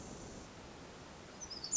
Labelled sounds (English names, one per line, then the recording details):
Pacific Wren
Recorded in Sonoma County, California